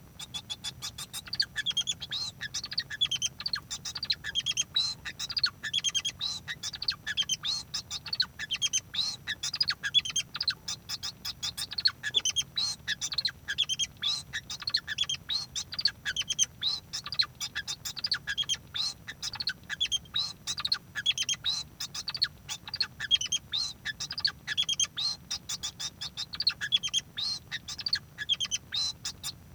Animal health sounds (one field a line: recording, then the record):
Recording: song of a male Bengalese finch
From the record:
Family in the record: son of father 2